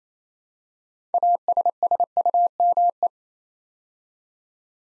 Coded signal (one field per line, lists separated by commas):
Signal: Morse code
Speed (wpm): 27 wpm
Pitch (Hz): 700 Hz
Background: none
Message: ASSUME